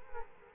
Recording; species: mosquito wingbeat signal from an infrared sensor; Culex quinquefasciatus